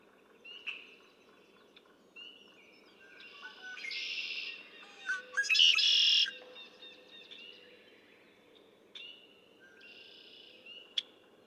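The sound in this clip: Red-winged blackbird song: two buzzy trills among many fainter chirps and whistles.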